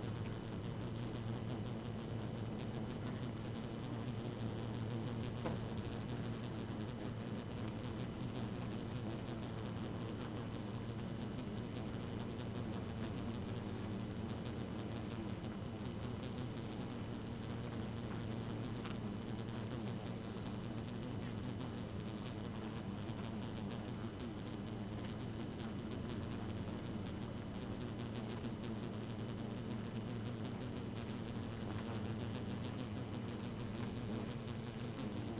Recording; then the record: honeybee colony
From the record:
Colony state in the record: active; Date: 12 June 2018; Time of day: 1:13